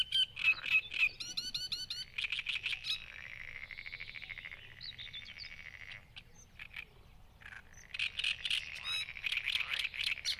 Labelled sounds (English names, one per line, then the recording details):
Great Reed Warbler song
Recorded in the wild
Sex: male
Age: adult
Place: Hobrechtsfelder Rieselfelder, Naturpark Barnim, Brandenburg, DE
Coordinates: 52.6681, 13.4728
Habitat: reed
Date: 2008-05-12
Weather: clear, ca. 10°C, no wind
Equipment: Sound Devices 702, Sennheiser MKH 70, Windkorb
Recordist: Frommolt, Karl-Heinz